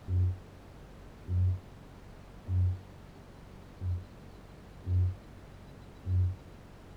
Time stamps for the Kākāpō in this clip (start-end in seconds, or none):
0.00-6.59